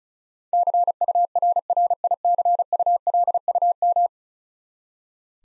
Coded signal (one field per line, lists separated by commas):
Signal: Morse code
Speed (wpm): 36 wpm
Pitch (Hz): 700 Hz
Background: none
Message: CURRICULUM